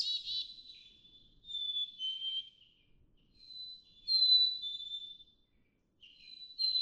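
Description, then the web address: Black-capped chickadee song, clear whistled two-note phrases, the second note lower, given several times with quiet gaps between them. "birdsongforthecurious Black-capped Chickadee"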